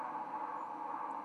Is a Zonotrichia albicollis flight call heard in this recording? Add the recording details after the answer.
no. Another species' flight call is heard. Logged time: 03:46 on 10 November 2014